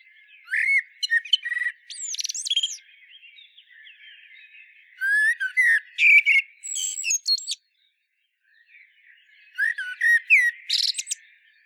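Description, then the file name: Common blackbird song in three separate phrases, each opening with mellow whistled notes and closing in a jumbled, high-pitched squeaky twitter. "Turdus merula"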